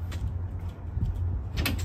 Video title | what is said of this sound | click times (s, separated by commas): Best Side Patio Toy Hauler in 2022… BUT BETTER! 2022 Keystone Raptor 429 Full Body Paint | this side snap | 1.7 s